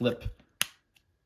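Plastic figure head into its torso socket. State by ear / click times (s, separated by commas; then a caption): seated / 0.6 s, 1.0 s. Someone talks as the head of a plastic Transformers Studio Series '86 Deluxe Class Perceptor action figure is flipped up during transformation into its torso socket. A sharp snap comes at 0.6 s, then a fainter one at 1.0 s, and the head is seated in place.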